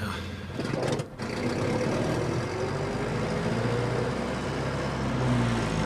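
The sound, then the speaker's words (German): A car engine drones steadily while driving at about 50 km/h along the middle of a country road at night, heading north toward the city, with a brief dip in the noise early on before the low, rumbling hum resumes and holds. No one speaks. “Léon hielt eine Reisegeschwindigkeit von 50 Stundenkilometern und fuhr in der Mitte der Landstraße durch die Nacht nordwärts der Stadt entgegen.”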